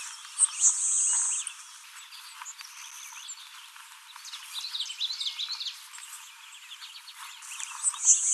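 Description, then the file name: LeConte's sparrow singing twice, each song a hissing, very high buzz, the first about a second long, the songs about seven seconds apart, with other birds calling between. Recorded 21 July 2019; the recording holds six songs. "2019-07-21 Le Contes Sparrow 6 songs"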